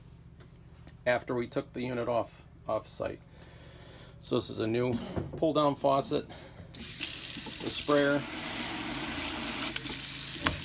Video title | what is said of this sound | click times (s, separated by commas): 2000 Forest River Cardinal 5th Wheel Tour | a détente there so that locks in place positively gooseneck | 10.5 s